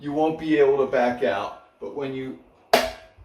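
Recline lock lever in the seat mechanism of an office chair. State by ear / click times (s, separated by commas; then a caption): released / 2.7 s. Someone talks while working the recline lock lever in the seat mechanism of a BOSMILLER 9400 Black 700 lbs Big and Tall office chair. A sharp pop is heard at 2.7 s as the lock is released from its locked position so the backrest can recline.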